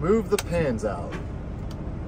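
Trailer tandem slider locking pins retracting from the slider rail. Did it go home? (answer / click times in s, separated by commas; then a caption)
released / 1.7 s. From inside a truck cab, the driver works the air control to pull the trailer tandem slider locking pins out of the slider rail while someone talks. A single short click from outside the truck comes at 1.7 s as the pins retract. The tandem locking pins have released, confirming it worked.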